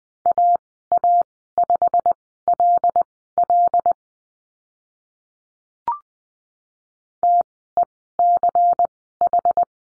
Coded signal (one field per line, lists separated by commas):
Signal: Morse code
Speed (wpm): 20 wpm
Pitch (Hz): 700 Hz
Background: none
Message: AA5LL TECH